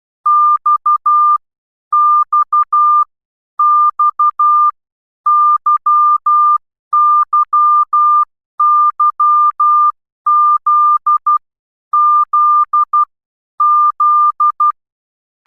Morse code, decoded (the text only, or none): X X X Y Y Y Z Z Z